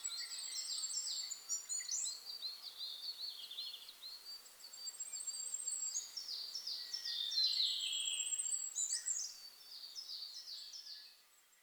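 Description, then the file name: Goldcrest song: very high, thin repeated notes near the top of hearing, woven among overlapping high twittering phrases, with a faint steady background hiss. Recorded 27 May 2007. "kikuitadaki-20070527"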